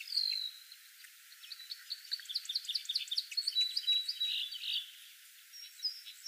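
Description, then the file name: Red crossbill with a fast series of clipped high chips mixed with a few drawn-out whistled notes, more than two per second. "Loxia curvirostra"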